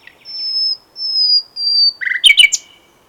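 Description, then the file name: Common nightingale song: three long, pure, high whistles, each swelling in loudness, then a burst of rich, rapid liquid notes. "Luscinia megarhynchos"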